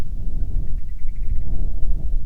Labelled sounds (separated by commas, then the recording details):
wind
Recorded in the Prudhoe Bay oil fields, Alaska, on 25 July 2019 at 02:05
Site 11